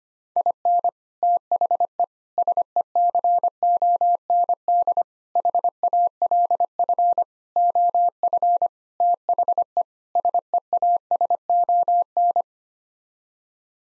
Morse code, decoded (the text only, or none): IN THE SECOND HALF OF THE SEASON